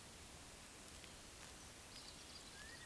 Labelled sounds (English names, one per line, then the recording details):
Eurasian Woodcock whistle
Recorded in Baden-Württemberg, Germany, on 31 May 2021 at 19:41 UTC
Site 24606, 635 m above sea level